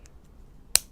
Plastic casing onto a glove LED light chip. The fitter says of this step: it in the right spot it fits perfectly you'll hear that snap by the mic I'll put it the snap boom